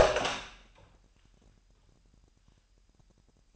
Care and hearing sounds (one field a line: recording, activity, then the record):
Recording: daily activity, microphone in the room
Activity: open door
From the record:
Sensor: 2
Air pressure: 998.3 hPa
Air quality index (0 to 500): 139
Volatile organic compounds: 4 ppm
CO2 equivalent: 1571 ppm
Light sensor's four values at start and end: 12/35/14/14 and 12/35/14/14